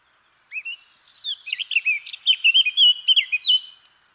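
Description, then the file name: Eurasian blackcap song: a few soft notes, then a fast, jumbled warble that grows into louder, clear whistled phrases. "Sylvia atricapilla"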